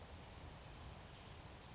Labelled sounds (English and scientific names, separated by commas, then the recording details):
Brown Creeper (Certhia americana)
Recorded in Sonoma County, California